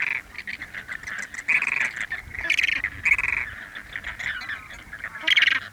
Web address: Charlie Atanasyan - Chile sound library by Faunethic CHIL SS Flamingo birds in large perspective light wind gust